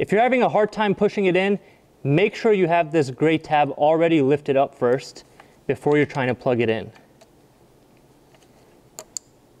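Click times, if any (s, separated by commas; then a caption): 9.0 s, 9.2 s. Someone talks about the oxygen sensor wiring while the second O2 sensor plug is pushed into its engine harness connector and locked with its gray tab. After the talk ends, two sharp clicks are heard at 9.0 s and 9.2 s as the connector clicks in and locks, leaving it seated.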